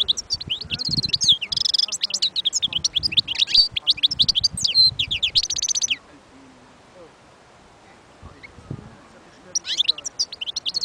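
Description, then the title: European goldfinch song: fast liquid twittering with buzzy, tinkling notes in dense bursts, a pause of about four seconds, then a brief final phrase. Wild bird. "اجمل غناءالحسون الخلويchant chardonneret sauvage collection"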